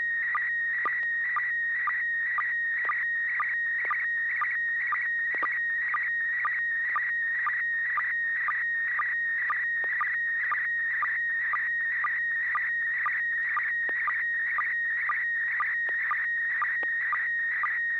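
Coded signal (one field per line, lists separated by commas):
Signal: SSTV (slow-scan television)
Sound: warbling tone around 1.9 kHz with short low chirps about twice a second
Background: low hum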